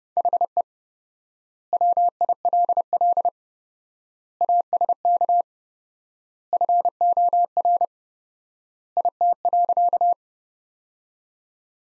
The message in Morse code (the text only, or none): HE WILL ASK FOR IT.